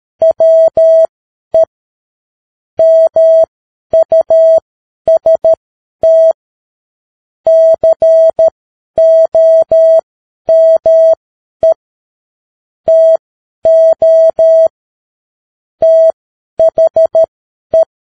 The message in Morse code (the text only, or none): WE MUST COME TO THE